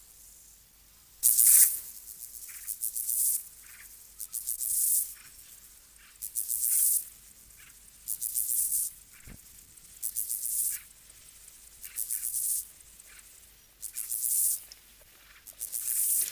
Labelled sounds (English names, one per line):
Steppe Grasshopper stridulation